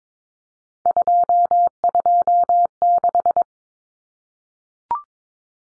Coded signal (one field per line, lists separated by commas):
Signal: Morse code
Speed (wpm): 22 wpm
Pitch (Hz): 700 Hz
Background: none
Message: 226